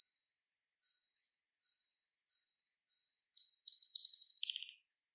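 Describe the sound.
Soprano pipistrelle echolocation calls, short chirps under a second apart, ending in a rapid run of pulses that drops lower in pitch.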